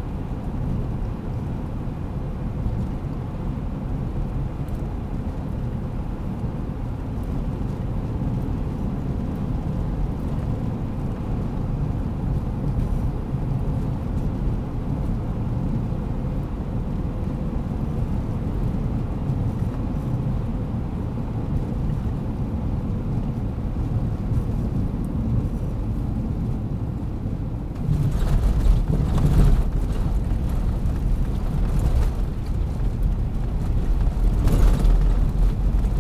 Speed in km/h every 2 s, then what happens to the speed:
83, 84, 84, 83, 83, 85, 86, 87, 86, 83, 81, 80, 77, 73, 70, 68, 69, 71.
0-14 steady at about 84. 14-29 slows to 68. 29-36 steady at about 69.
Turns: none.